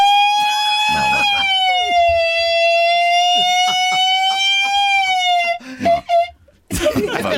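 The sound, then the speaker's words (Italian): A voice imitates an ambulance siren with a loud, high, sustained wail that sags slightly in pitch for about five seconds, then breaks into short choppy bursts before a noisy ending. “Ma poi quando fate il provino per la voce acuta, si fate ambulanza.”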